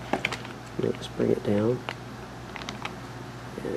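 A SAS/SATA breakout cable connector is being handled and lowered toward the port of an LSI SAS RAID controller card in a desktop. Someone talks briefly, and a few short clicks and taps of handling come through. Nothing has seated or clicked yet.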